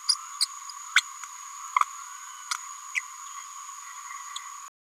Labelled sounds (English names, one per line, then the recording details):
Green-rumped Parrotlet babbling
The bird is a male
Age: 32 days
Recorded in a nest box in Venezuela
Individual 17B102A4